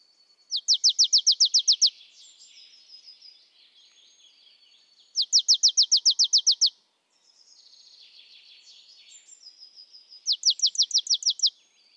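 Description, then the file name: Marsh tit calls: three fast bursts of clipped, high descending notes, separated by softer thin warbling tones. "Poecile palustris"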